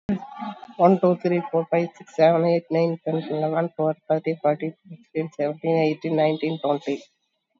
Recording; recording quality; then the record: counting at a fast pace; excellent, no background noise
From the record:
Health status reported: COVID-19 positive, mild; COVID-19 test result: positive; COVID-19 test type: RT-PCR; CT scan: taken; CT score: 4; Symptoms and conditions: cold, breathing difficulty, sore throat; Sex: female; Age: 64 years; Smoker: no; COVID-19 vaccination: one dose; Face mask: not worn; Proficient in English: yes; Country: India